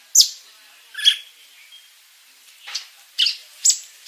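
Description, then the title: Greater green leafbird giving short, sharp, high chirps and whistled notes, several bursts spaced unevenly with quiet gaps between them. Described as a world champion bird singing a full 'isian' repertoire of inserted song phrases while flapping its wings. "Burung Cucak Ijo Juara Dunia Suara Isian Komplit Kibarkan Sayap"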